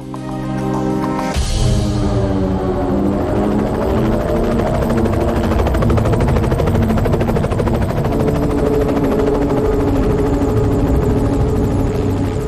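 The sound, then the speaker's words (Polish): A brief sustained musical tone gives way to a loud helicopter passing in the sky along the road from Naples to Rome: rapid rhythmic rotor chopping over a steady engine roar that holds at full strength to the end, with no voices. “Gdy w niewidzialnym niebie przekuczał helikopter, odrzuciłem papierosa i wsiadłem do auta.”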